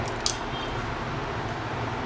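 A plastic push-pin of a CPU cooler is pressed into a motherboard mounting hole over steady low background hum. At 0.3 s it gives one sharp click as it seats, and no one talks. Another push-pin is now seated.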